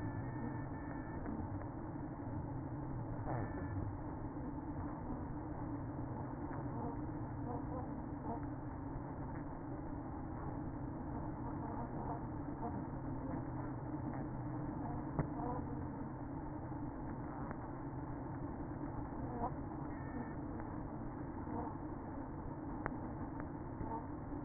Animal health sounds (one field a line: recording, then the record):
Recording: honeybee colony, microphone inside the hive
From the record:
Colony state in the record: queen present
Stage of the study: after two queens were removed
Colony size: about 60,000 bees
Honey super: yes